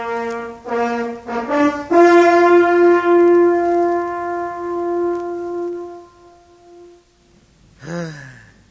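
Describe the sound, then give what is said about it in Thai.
A horn is blown to call people into the temple. It sounds a few short rising notes, then holds one loud, steady, brassy tone for about four seconds before it fades, followed by a brief swooping sound. “เป่าแตรอีกสิเรียกคนเข้ามาในโบสถ”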